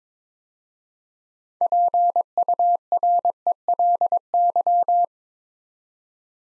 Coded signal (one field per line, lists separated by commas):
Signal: Morse code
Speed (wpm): 22 wpm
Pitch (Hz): 700 Hz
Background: none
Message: PURELY